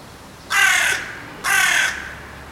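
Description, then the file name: Carrion crow giving two harsh, raspy caws about a second apart, each lasting roughly half a second, with faint background hiss. "Corvus corone"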